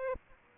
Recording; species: mosquito wingbeat signal from an infrared sensor; Aedes aegypti